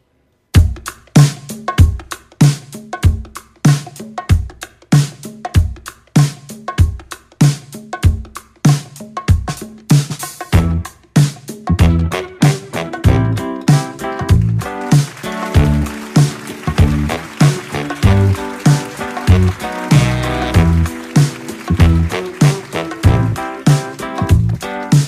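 A rock song's instrumental intro: a steady, punchy rhythmic beat plays alone for about ten seconds, then the full band crashes in with dense guitars, bass and drums, loud and driving, no vocals yet.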